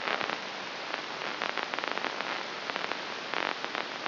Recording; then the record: brain microelectrode recording played as sound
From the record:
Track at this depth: inside the subthalamic nucleus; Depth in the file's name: 2.733 mm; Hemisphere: left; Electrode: 3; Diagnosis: Parkinson's disease